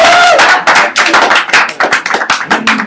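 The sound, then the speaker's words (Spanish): A crowd bursts into applause, dense overlapping claps forming a loud, steady patter that holds for a few seconds with a few cheers mixed in at the start. “¡Un aplauso”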